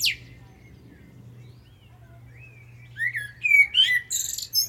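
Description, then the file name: Common blackbird song: a single short fluty phrase near the end, rising into thin high twittering, after a long, mostly quiet start. "Turdus merula"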